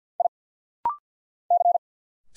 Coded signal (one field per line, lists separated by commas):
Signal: Morse code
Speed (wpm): 50 wpm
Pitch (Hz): 700 Hz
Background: none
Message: I C